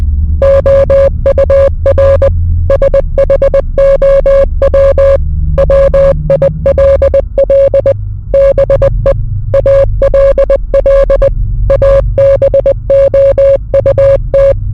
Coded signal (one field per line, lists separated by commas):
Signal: Morse code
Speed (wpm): 20 wpm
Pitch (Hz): 550 Hz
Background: none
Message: OUR SHOW WILL BE ALL ABOUT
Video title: The Time We Drank Ipecac at Ipecac Records or Learn Your Name In Morse Code (part 1 of 4)